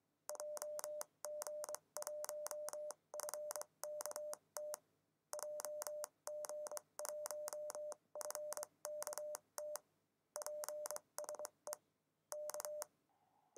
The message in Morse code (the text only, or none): JG1FKT JG1FKT PSE K